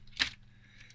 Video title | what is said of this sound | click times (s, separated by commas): RC crawler half back build getting there at last | When I sit the cab on it, you'll hear the click. | 0.2 s